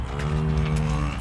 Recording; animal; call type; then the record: contact call of a hoofed animal; cattle; low-frequency (closed-mouth) or high-frequency (open-mouth) call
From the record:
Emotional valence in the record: negative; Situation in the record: full separation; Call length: 1.21 s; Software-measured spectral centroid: 2250 Hz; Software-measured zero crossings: 930 a second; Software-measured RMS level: -24 dBFS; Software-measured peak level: -12 dBFS